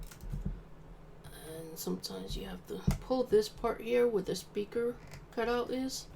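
A Supcase Unicorn Beetle Pro rigid plastic case is being fitted onto a 2019 10.2-inch iPad, with its speaker-cutout section pulled over the tablet's edge to be pressed in. Someone talks over faint handling and tapping sounds. Nothing has seated or clicked yet.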